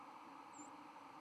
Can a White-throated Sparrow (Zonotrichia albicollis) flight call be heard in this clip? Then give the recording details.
yes. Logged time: 23:54 on 30 October 2014